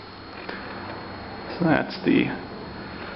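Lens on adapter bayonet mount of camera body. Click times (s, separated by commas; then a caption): 0.5 s. A Nikon-mount lens with an adapter is twisted onto the bayonet mount of a Micro Four Thirds camera body. It gives a single short click at 0.5 seconds as the latch seats it in place. Afterwards, someone talks.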